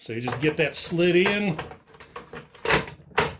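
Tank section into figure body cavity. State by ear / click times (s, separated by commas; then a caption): seated / 3.2 s. A plastic tank section is slid into the cavity of a figure's body so its peg lines up with the clip, and someone talks while doing it. Soft sliding and handling sounds follow, and the section clicks and locks into place at 3.2 s.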